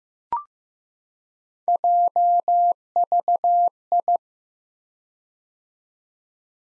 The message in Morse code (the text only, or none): JVI